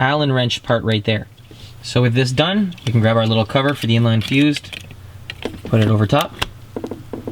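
Someone talks while picking up the small plastic cover for an inline fuse holder and bringing it over the top of the fuse, with brief handling taps around 4.9, 5.3, 5.5, 6.8 and 7.1 seconds. The cover has not been pressed down and nothing has snapped shut or clicked yet.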